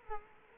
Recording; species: mosquito wingbeat signal from an infrared sensor; Culex quinquefasciatus